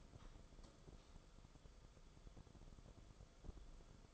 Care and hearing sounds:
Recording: daily activity, microphone in the room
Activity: light off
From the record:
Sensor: 5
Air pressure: 994.6 hPa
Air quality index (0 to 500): 192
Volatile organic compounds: 1000 ppm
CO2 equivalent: 5652 ppm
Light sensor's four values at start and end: 27/69/28/33 and 26/65/27/31

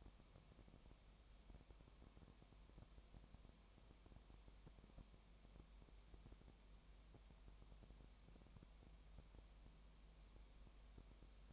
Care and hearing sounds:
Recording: daily activity, microphone in the room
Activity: no activity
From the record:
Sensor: 1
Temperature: 19.4 degrees Celsius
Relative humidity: 35.7%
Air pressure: 1003.3 hPa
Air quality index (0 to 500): 113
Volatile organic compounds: 2 ppm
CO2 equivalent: 1257 ppm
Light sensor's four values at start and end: 1/2/1/1 and 1/2/1/1

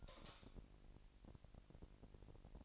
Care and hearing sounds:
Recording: daily activity, microphone in the room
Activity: light off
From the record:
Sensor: 5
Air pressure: 1002.0 hPa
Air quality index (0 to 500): 237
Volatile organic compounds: 37 ppm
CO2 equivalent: 3097 ppm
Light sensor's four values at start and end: 16/39/16/17 and 16/37/15/17

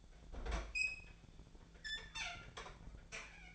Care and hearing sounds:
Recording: daily activity, microphone in the room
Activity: open fridge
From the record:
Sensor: 5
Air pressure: 1009.8 hPa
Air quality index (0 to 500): 161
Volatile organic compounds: 4 ppm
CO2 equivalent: 1568 ppm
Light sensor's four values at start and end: 121/309/129/137 and 123/314/131/140

